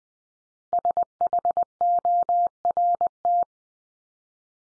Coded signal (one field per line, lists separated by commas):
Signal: Morse code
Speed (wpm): 20 wpm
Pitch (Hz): 700 Hz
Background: none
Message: SHORT